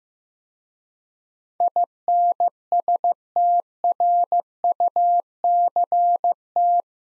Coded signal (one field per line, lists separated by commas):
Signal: Morse code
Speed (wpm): 15 wpm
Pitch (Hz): 700 Hz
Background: none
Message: INSTRUCT